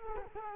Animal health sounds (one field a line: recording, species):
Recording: mosquito wingbeat signal from an infrared sensor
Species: Culex quinquefasciatus